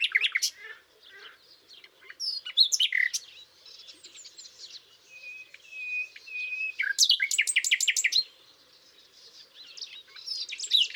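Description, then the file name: Common nightingale: varied song with sharp chips, several long pure whistled notes, then a loud burst of rapid repeated notes. "Luscinia megarhynchos"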